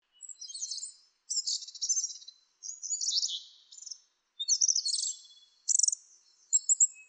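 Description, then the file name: Asian brown flycatcher song of high, buzzy, rapidly jumbled twitters in about six bursts with brief silences between them, no other sounds. "sikatan bubik"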